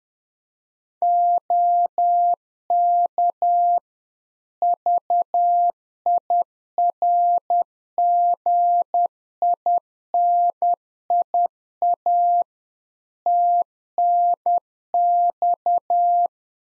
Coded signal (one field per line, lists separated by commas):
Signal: Morse code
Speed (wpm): 10 wpm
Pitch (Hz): 700 Hz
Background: none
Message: OK VIRGINIA TNX